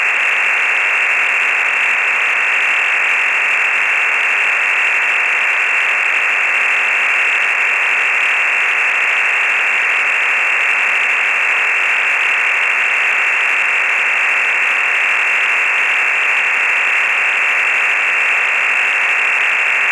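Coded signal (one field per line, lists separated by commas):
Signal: digital SSTV (DRM)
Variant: EasyPal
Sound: steady wideband rushing hiss with sharp band edges, constant throughout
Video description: About 20 photos were exchanged on this net. These can be decoded from the audio stream on this clip by using EASYPAL DSSTV freeware.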